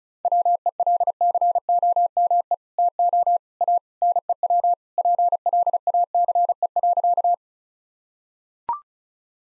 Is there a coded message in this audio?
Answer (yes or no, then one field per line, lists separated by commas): yes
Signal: Morse code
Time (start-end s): 0.3-7.3 s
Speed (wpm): 34 wpm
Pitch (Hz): 700 Hz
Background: none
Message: WELCOME TO A NEW PLACE.